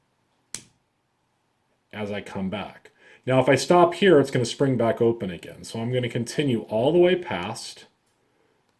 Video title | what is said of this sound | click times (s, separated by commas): How to Close Saw-Cut Jump Rings | feel a little bit of resistance because going to meet those ends and you'll hear a click as I | 0.6 s